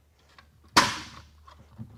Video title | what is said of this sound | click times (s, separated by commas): Installation of the IMP414BLK Wheel Skin for the Ford Escape | Pop into place, tighten down your bolt, | 0.8 s